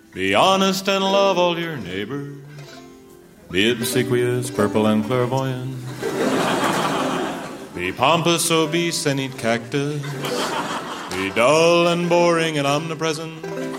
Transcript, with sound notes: Be honest and love all your neighbors. Be obsequious, purple, and clairvoyant. (LAUGHTER) (Singing) Be pompous, obese, and eat cactus. Be dull and boring and omnipresent.